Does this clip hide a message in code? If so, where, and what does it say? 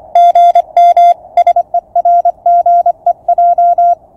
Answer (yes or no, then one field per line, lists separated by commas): yes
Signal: Morse code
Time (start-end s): 0.2-3.9 s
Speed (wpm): 25 wpm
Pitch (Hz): 700 Hz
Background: none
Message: GM SERGEJ